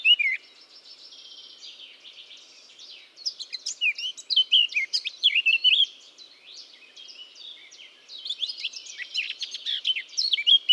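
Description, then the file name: Eurasian blackcap warbling, a varied stream of quick scratchy and whistled notes, with softer stretches between louder bursts. "Sylvia atricapilla"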